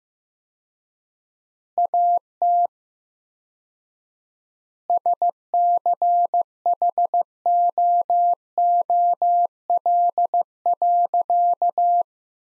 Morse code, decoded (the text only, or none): AT SCHOOL.